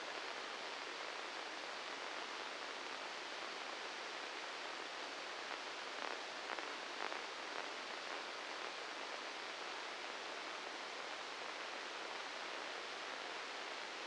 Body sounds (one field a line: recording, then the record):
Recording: brain microelectrode recording played as sound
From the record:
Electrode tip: inside the subthalamic nucleus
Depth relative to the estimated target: -2 mm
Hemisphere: left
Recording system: NeuroSet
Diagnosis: Parkinson's disease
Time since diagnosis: 7 years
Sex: male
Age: 44 years